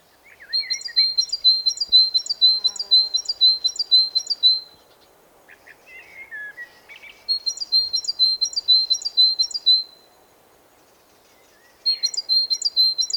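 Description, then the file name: Great tit repeating quick high notes in three series separated by pauses, with softer lower twittering in between. "Parus major"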